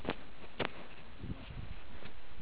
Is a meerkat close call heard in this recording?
no